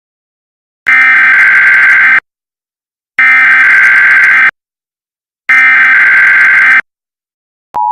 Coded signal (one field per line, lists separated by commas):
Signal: Emergency Alert System (SAME) tones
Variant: header bursts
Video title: EAS Scenario #2 - A Giamental Disaster